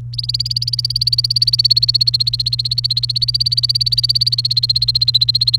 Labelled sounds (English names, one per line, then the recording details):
Domestic Canary song
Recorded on 29 April 2018 at 16:13
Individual llb3